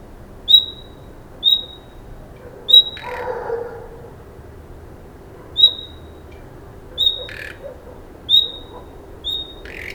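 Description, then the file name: Common nightingale uttering brief whistles about seven times, with a short rustling burst early on and a couple of dry clicks later. "Luscinia megarhynchos"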